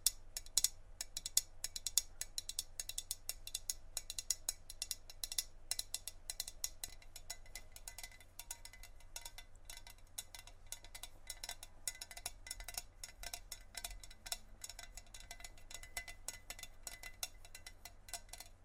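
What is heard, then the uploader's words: Light tapping on random objects, a quick, uneven run of small clicks and clinks that continues through the whole stretch, dense and irregular. The taps are bright and sharp, some faintly ringing, over a steady low hum underneath. ASMR Tapping On Random Objects.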